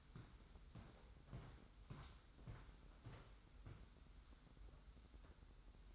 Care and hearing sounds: daily activity, microphone in the room; walk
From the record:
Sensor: 3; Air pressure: 990.6 hPa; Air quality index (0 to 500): 168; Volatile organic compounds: 1000 ppm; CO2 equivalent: 5426 ppm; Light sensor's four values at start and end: 42/99/40/38 and 41/96/39/37

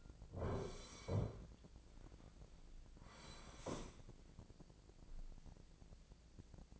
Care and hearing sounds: daily activity, microphone in the room; sit down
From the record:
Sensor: 5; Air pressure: 1009.3 hPa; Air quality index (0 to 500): 159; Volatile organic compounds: 2 ppm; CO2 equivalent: 1219 ppm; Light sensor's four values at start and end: 256/617/259/281 and 254/614/258/280

